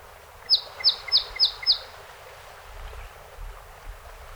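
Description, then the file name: Song sparrow song opening with five sharp, evenly spaced high notes, then quiet background hiss with low rumble. 48 songs, 7 June 2018. "2018-06-07 Song Sp 48 Songs"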